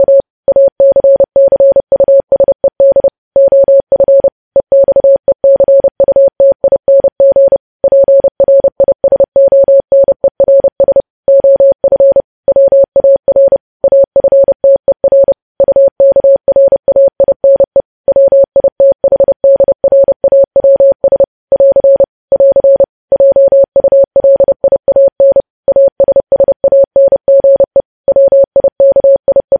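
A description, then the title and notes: Morse code sounds as a single steady mid-pitched beep, keyed on and off in quick, crisp dots and dashes with short gaps between letters and words. The pitch and loudness never change, and the sending runs without pause for the whole half minute over a silent background. Morse code transcription.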